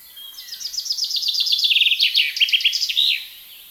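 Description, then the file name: Common chaffinch song, a quick series of sweet chipping notes dropping in pitch, closing with a brief terminal flourish, about three seconds long. "Fringilla coelebs"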